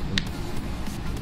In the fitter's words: tahun penuh kita akan dengar bunyi klik tuh terbuka orang cerita teruskan